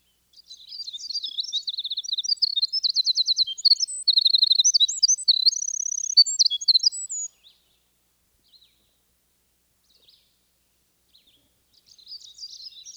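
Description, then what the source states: Winter wren song: a long, very high, rapid tumble of tinkling notes and trills lasting about seven seconds, then near silence with a faint song fragment resuming at the end. Song, described as extraordinarily long and complex, of very high tinkling notes and trills.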